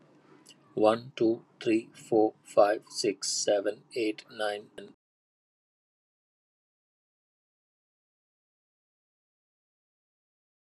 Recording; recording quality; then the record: counting at a normal pace; excellent, no background noise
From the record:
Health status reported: healthy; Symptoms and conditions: diabetes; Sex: male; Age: 55 years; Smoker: not ticked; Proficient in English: yes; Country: India